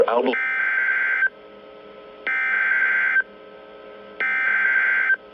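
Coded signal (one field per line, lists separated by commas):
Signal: Emergency Alert System (SAME) tones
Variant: header bursts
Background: speech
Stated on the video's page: Severe thunderstorm alerts from Georgia counties, heavily edited recordings.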